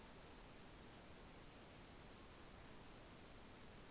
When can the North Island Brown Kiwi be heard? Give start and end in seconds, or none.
none